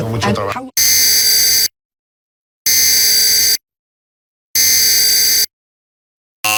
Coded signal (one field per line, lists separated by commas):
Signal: Emergency Alert System (SAME) tones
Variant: header bursts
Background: speech